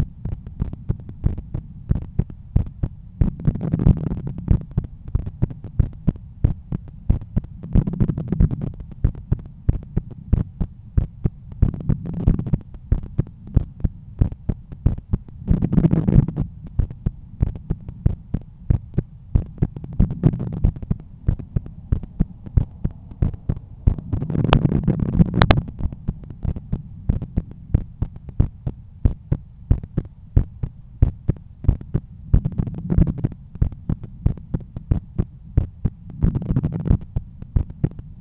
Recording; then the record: heart sounds by stethoscope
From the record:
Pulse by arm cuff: 92 bpm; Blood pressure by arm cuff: 120/77 mmHg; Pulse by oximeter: 94 bpm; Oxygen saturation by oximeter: 96%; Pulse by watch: 101 bpm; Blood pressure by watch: 124/80 mmHg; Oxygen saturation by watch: 97%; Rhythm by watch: sinus rhythm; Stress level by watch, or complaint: medium stress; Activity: after 5 min smoking and 1 beer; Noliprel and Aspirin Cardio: after pills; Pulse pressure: 43 mmHg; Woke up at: 7:50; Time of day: 17:19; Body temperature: 36.3 C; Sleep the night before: 7 h 52 min, score 75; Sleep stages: REM 24%, light 55%, deep 12%, awake 9%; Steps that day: 9500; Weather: sunny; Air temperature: 23.1 C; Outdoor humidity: 52%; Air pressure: 1013 hPa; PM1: 5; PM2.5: 8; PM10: 10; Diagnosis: hypertension, treated with Noliprel and Aspirin Cardio 100 mg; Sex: male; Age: 53 years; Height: 174 cm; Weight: 81 kg